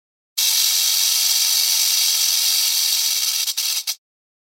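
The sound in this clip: Rattlesnake rattling, a steady dry hissing buzz held for about three and a half seconds, breaking into a few short stutters at the end.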